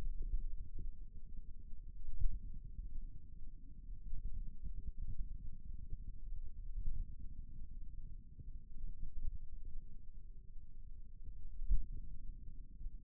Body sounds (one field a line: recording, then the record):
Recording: forearm muscle sounds (acoustic myography)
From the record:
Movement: pen grasping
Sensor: system 2, bracelet of six BSWA MPA416 microphones around the upper forearm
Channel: 3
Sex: male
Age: 22 years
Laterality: right